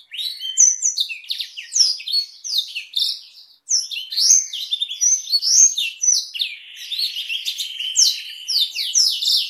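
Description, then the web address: Black-throated canary song, a fast run of high twittering, sliding notes and buzzy trills, broken by a brief pause near the middle before resuming. "blackthroat suara-blackthroat"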